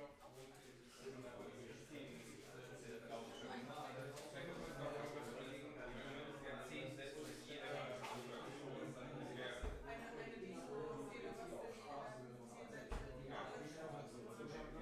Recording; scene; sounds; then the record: everyday scene through a hearing-aid microphone; many people talking; many voices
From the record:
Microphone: behind the ear, left, front